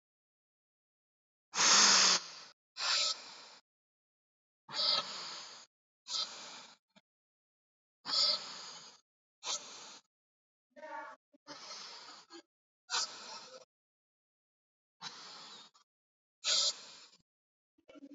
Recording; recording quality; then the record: shallow breathing; excellent, no background noise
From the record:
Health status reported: healthy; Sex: male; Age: 38 years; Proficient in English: yes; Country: India